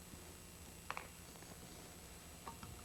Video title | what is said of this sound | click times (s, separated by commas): MAS-HAMILTON GROUP THE X-07 | You will hear a click as it clicks into place. | 0.9 s, 1.0 s